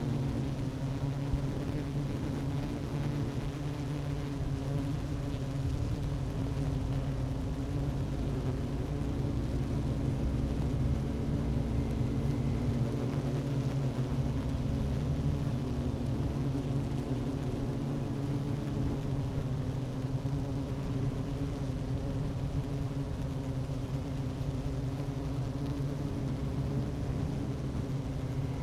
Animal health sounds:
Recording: honeybee colony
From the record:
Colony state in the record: active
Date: 12 June 2018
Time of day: 11:50

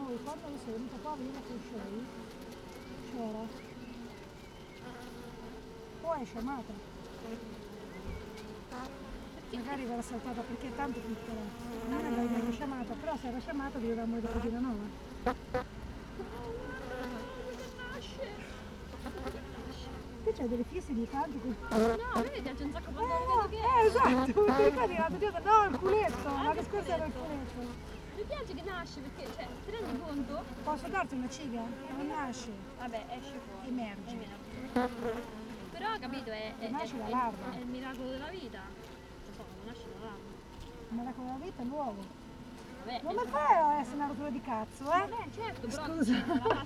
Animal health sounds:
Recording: honeybee colony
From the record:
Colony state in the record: missing queen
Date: 31 May 2018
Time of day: 16:11

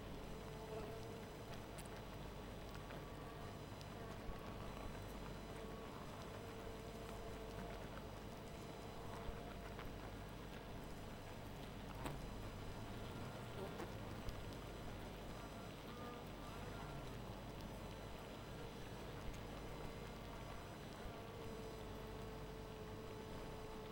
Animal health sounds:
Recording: honeybee colony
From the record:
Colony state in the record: missing queen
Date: 14 July 2017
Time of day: 0:35

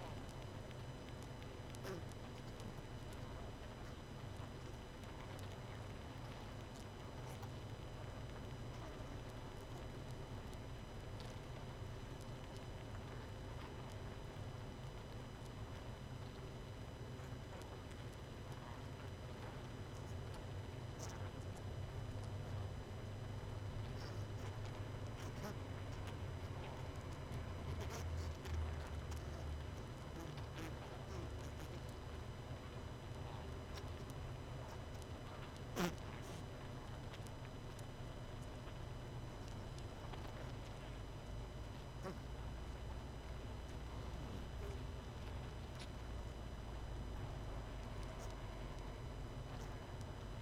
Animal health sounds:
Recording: honeybee colony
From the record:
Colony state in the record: missing queen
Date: 31 May 2018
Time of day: 21:57

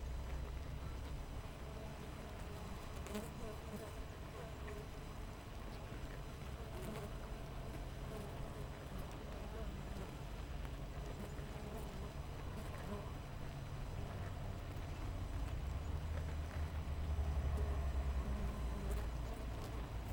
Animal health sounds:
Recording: honeybee colony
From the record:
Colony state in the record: missing queen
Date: 14 July 2017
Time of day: 7:03

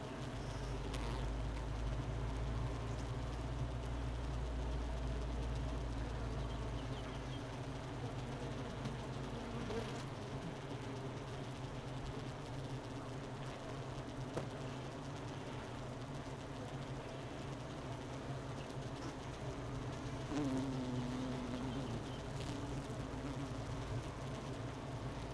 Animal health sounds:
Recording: honeybee colony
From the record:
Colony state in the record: missing queen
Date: 31 May 2018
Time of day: 11:59

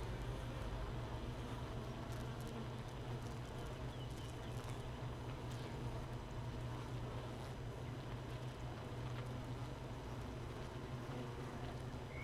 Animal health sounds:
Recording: honeybee colony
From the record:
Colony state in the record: missing queen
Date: 31 May 2018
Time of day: 15:03

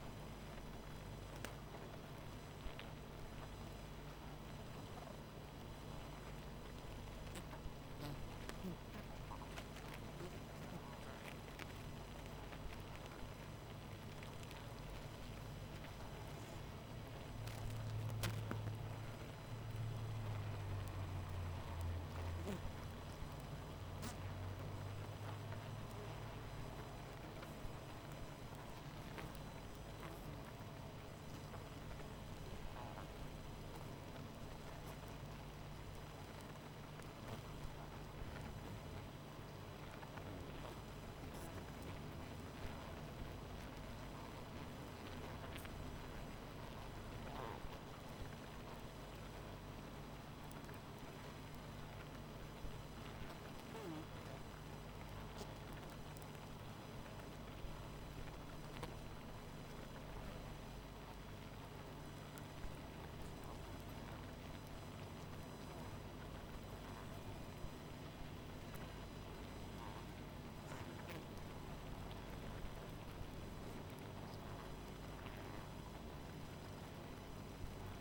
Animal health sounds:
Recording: honeybee colony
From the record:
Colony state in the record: missing queen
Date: 14 July 2017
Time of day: 19:32

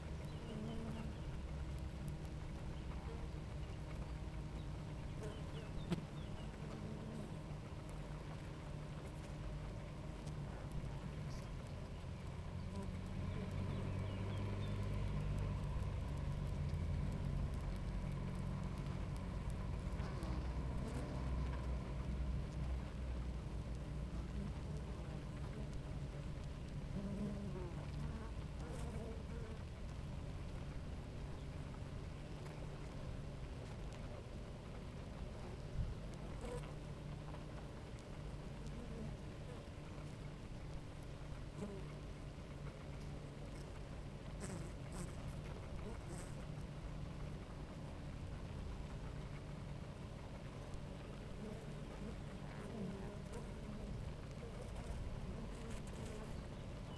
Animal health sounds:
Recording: honeybee colony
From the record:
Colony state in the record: active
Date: 28 July 2017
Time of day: 10:17

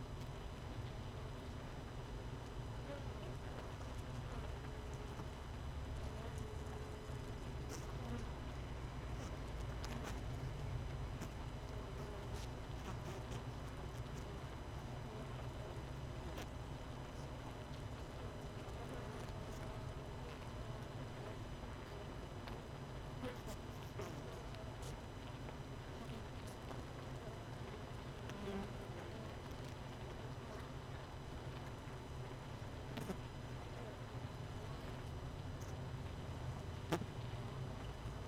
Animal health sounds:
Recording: honeybee colony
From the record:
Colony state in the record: missing queen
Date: 31 May 2018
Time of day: 18:09

